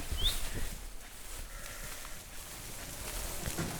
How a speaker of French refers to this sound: Et sur ces jolis bruits de pas et de moutons, nous quittons. Nous nous quittons.